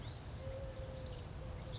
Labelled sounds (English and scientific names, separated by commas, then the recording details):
Eurasian Collared Dove (Streptopelia decaocto)
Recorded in Sonoma County, California